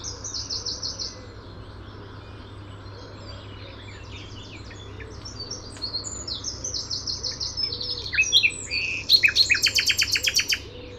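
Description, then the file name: Common nightingale singing varied phrases of whistles and rapid repeated notes, ending in a loud fast burst of sharp notes; low steady hum underneath. "Luscinia megarhynchos"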